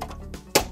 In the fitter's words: When replacing the internal storage drive, we just want to align the drive with the bay and press inward until it locks into place.